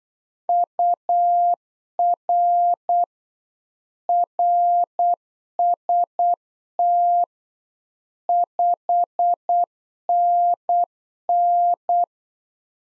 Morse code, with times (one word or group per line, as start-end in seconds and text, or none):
0.5-3.0 UR
4.1-7.2 RST
8.3-12.0 5NN